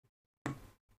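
A self-tapping screw is turned anti-clockwise as it goes back into a plastic radio case. At 0.5 s it drops into its original thread with a sharp pop, followed by a short fading rattle. The screw has found its old thread, so it will not cut a new one into the plastic.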